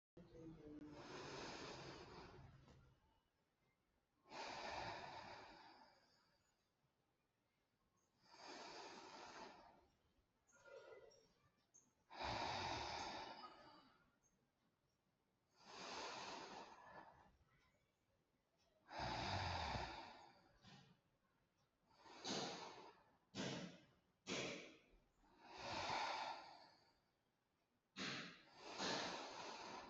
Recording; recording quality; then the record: deep breathing; excellent, no background noise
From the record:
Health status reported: respiratory illness, not identified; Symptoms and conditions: asthma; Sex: male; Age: 45 years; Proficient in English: yes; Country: India